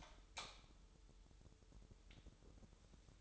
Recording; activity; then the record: daily activity, microphone in the room; light on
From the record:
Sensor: 3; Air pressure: 988.3 hPa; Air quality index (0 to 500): 189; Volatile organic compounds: 246 ppm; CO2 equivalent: 4349 ppm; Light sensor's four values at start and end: 8/20/8/8 and 11/29/12/12